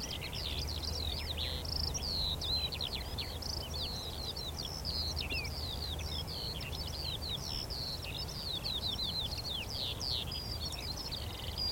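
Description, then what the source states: Eurasian skylark song: long unbroken outpouring of high chirps, rolling trills and quick whistles, with a low intermittent drone. Chorus of skylarks rising from young barley, singing exultantly while climbing ever higher into cloudy sky; vast open field, northern edge of the Cotswolds, South Warwickshire.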